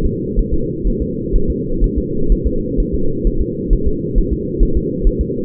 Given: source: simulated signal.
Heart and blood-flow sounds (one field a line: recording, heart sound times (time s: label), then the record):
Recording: fetal heart sounds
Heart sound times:
0.05 s: S2
0.39 s: S1
0.54 s: S2
0.87 s: S1
1.02 s: S2
1.36 s: S1
1.50 s: S2
1.84 s: S1
1.98 s: S2
2.32 s: S1
2.47 s: S2
2.80 s: S1
2.94 s: S2
3.27 s: S1
3.42 s: S2
3.73 s: S1
3.88 s: S2
4.18 s: S1
4.33 s: S2
4.63 s: S1
4.77 s: S2
5.07 s: S1
5.21 s: S2
From the record:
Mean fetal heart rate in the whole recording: 130 bpm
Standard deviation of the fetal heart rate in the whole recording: 4 bpm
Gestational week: 38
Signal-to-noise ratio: -8.1 dB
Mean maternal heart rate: 72 bpm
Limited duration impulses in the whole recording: present